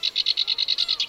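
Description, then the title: Black-browed reed warbler song: a rapid series of high, dry chattering notes, ending in a higher, sharper note. Recorded on Teuri Island, Hokkaido. "朝の小鳥 #86（天売島（北海道）のコヨシキリ）"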